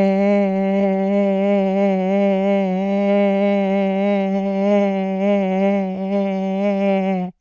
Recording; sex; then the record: sustained vowel /e/; female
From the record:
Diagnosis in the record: Parkinson's disease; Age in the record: 80 years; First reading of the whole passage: 169 s, 3.1 characters per second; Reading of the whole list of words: 101 s, 2.8 characters per second